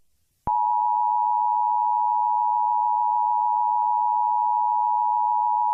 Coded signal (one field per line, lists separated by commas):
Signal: Emergency Alert System (SAME) tones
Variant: 853 and 960 Hz attention tone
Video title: Harvester - An EAS Mock [Vita Carnis]